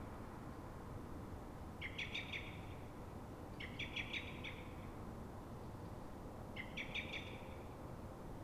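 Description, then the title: Common blackbird alarm call: three bursts of rapid, clicky chattering notes, each about a second long, spaced one to two seconds apart over a steady low background rumble. At dawn in Fuenlabrada, Madrid, Spain; alarm given when frightened or threatened, probably by another blackbird; Zoom H1n recorder. "Pl. de Francisco Escolar, 10, 28944 Fuenlabrada, Madrid, España - Mirlo asustado"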